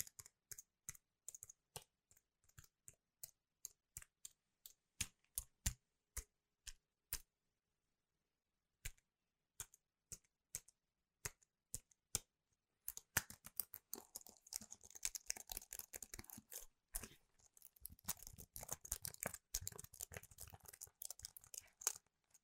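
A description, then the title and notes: Crisp tapping on devices and keyboards, starting as separate, evenly spaced taps about twice a second. After a brief silence near eight seconds, the taps resume and, from around thirteen seconds, become fast and dense with clicky, keyboard-like bursts. Gentle/Fast tapping on all things Apple. You'll hear me tapping HomePod mini, Magic Keyboards, different MacBooks, awesome product boxes and cases that make amazing sounds etc.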